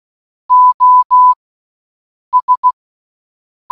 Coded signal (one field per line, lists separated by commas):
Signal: Morse code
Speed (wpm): 16 wpm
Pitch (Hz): 1000 Hz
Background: none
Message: OS